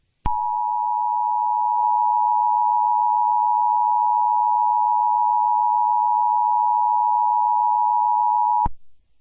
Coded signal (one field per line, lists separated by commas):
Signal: Emergency Alert System (SAME) tones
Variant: 853 and 960 Hz attention tone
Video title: EAS Scenario #2 Evil RammuelRajotal Attack